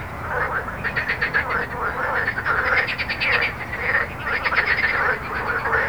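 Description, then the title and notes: Chorus of frogs, overlapping rattling croaks repeated in quick series, with a low drone of road traffic. Frogs recorded with road noise at Jardins de la Ligne, Montaudran, Toulouse, France, using a Zoom H4n recorder. "Jardins de la Ligne, 1 Rue Jacqueline Auriol, 31400 Toulouse, France - Frog Montaudran. Frog and road captation zoom h4n"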